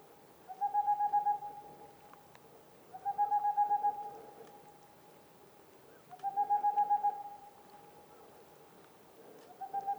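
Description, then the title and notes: Boreal owl singing, rapid hoot trills about a second long, repeated every few seconds. Singing male near a black woodpecker nest hole; mountains near the Mediterranean, 2 April 2019, 20:15; homemade parabola with MKH8040, two omni 8020 mics, MixPre-3. "Une chouette pas si boréale. 02 avril 2019-20h15-en montagne. la Tengmalm boréale ( Aegolius funereus) , pas si boréale que cela car nous sommes aux portes de la méditerranée"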